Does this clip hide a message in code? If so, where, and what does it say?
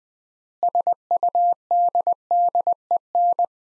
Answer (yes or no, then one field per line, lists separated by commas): yes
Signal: Morse code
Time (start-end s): 0.6-3.4 s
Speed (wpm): 21 wpm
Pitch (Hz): 700 Hz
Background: none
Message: SUDDEN